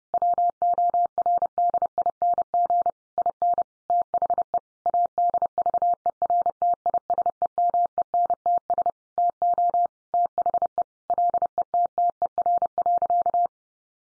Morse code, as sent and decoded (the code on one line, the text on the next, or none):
.-- --- .-. -.. .. -. --. / .. -. / - .... . / .- -.. ...- . .-. - .. ... . -- . -. - ... / - --- / - .... . / .-.. . - - . .-. .-.-.-
WORDING IN THE ADVERTISEMENTS TO THE LETTER.